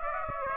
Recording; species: mosquito wingbeat signal from an infrared sensor; Aedes aegypti